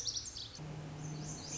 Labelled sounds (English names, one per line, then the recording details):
Lazuli Bunting
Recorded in Sonoma County, California